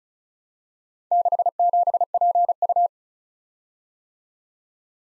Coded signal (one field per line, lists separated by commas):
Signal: Morse code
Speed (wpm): 34 wpm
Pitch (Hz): 700 Hz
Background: none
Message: 67PU